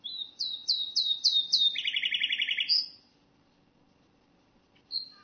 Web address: Fruher Nachtigall